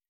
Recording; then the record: hydrophone in a shrimp aquaculture tank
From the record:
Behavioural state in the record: stressed